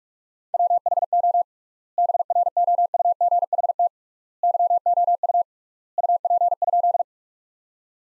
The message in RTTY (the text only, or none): none